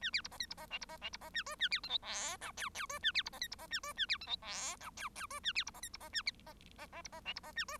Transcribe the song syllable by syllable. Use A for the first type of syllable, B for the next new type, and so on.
A B C D E C D F C D F C D A G A B H I J K L L G A B C D E C D A G A B H I J K L L G A B C D E C D A D D D C D F C D A G